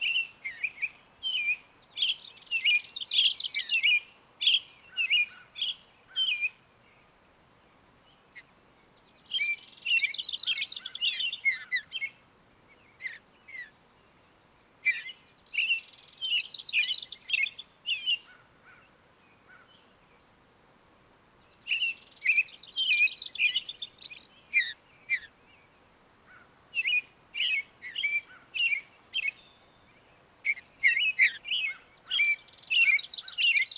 Mountain Bluebird song recorded in Moraine Park in Rocky Mountain National Park.